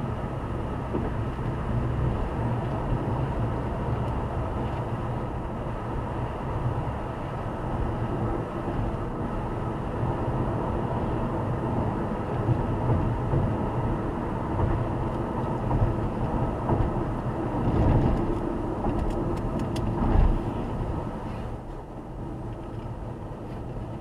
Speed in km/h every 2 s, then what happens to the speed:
98, 101, 102, 100, 100, 98, 97, 95, 85, 76, 73, 70.
0-5 steady at about 101. 5-24 slows to 70.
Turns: none.